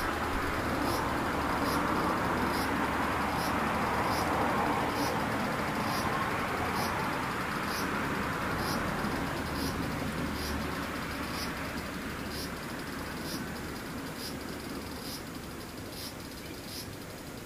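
Cicadas drone in a dense, unbroken wash, with regular high shrill pulses repeating roughly every second. A low steady rumble runs underneath throughout. The overall sound holds level at first, then gradually softens over the last several seconds.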